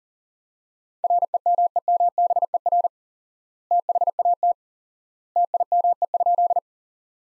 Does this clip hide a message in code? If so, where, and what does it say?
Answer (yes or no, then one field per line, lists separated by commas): yes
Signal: Morse code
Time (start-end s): 1.0-6.6 s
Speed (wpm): 40 wpm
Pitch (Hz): 700 Hz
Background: none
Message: REMEMBER THAT TIME?